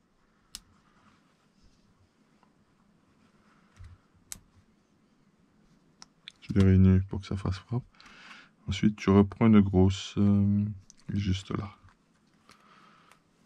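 A plastic ball cup on the steering/Ackermann linkage of a Sworkz S35 4e RC buggy is pushed on from underneath onto a metal ball stud. It snaps on with sharp clicks at 0.6 s and 4.3 s, and the cup is seated. Someone then talks over faint handling noise.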